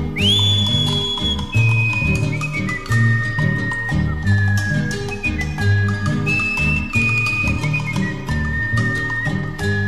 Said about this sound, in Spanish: Me distingue este chiflido porque no nací cantor.